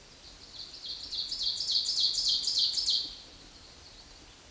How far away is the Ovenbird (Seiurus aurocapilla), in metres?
about 15 m